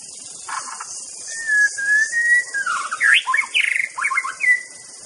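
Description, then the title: White-rumped shama song: a few scratchy notes, a long level whistle, then quick slurred and chattering phrases with a clear whistled end, over a steady high hiss. Wild bird in forest; natural, original song (Indonesian name murai batu). "Kicau Asli Murai Batu Hutan"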